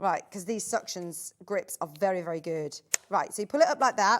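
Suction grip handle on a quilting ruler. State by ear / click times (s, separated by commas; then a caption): not seated / none. A suction grip handle clipped onto a quilting ruler is pulled up while someone talks throughout, with a brief sharp sound at about 2.9 s. The grip has not yet been pressed down, and nothing has seated or locked into place by the end of the clip.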